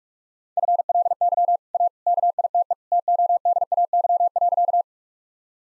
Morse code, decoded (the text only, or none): FLY A KITE TODAY.